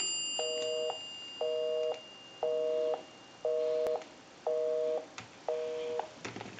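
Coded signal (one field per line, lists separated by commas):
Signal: telephone call progress tone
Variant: North America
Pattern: busy tone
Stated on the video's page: Call progress tone heard on a Northern Electric 233 payphone during initial checkout and repair conversion.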